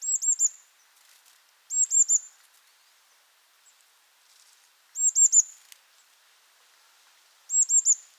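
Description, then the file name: Eurasian blue tit calling in quick, high-pitched clusters of three or four notes, the bursts repeated every few seconds at irregular intervals over a quiet background. "Cyanistes caeruleus"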